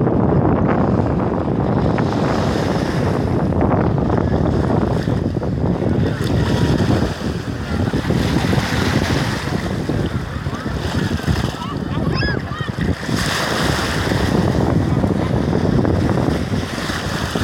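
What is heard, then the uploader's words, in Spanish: A day at the beach, with wind and waves blending into a dense, steady roar that stays loud throughout. Low rumbling gusts dominate, with faint brighter chirps around twelve seconds that could be distant children's voices, and a slight lull near seven seconds. Un dia de playa ( aire y olas ). Un dia de playa con la mezcla de sonidos como el viento, de las olas y del murmullo de la gente ( sobretodo de voces de niños lejanos ).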